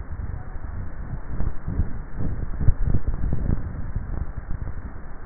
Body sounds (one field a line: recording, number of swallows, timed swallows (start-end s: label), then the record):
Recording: swallowing sounds by neck microphone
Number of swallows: 1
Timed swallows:
2.52-3.22 s: swallow
From the record:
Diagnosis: dysphagia